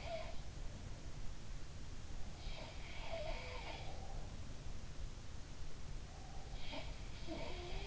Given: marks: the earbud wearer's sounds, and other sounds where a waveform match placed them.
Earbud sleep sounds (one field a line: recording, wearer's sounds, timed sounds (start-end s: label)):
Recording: sounds in sleep by an in-ear microphone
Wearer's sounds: breath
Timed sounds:
0.00-0.43 s: sound from someone else or the room
2.56-4.65 s: sound from someone else or the room
3.49-4.65 s: breath
6.50-7.87 s: sound from someone else or the room